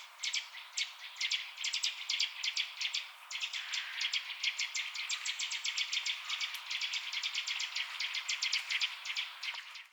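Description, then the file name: Eurasian nuthatch giving a fast, steady run of sharp, high repeated notes, continuing with only a brief break near the third second for the whole stretch. "Sitta europaea"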